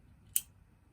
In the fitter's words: si vous avez entendu ce clic là ça s'est très bien passé